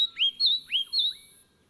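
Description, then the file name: Leaden flycatcher calling: two sharp upslurred whistles, each rising quickly and then leveling into a bright, clear note, given in quick succession. "Myiagra Rubecula"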